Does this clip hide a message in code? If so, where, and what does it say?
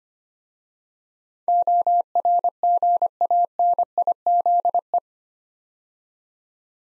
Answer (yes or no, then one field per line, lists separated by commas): yes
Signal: Morse code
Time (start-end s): 1.5-5.0 s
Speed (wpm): 25 wpm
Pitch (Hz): 700 Hz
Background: none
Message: ORGANIZE